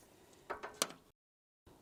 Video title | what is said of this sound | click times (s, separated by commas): How to Set Up Your 4G Self-Install System – Step-by-Step Guide | we clip these two in together listen for the click | 0.8 s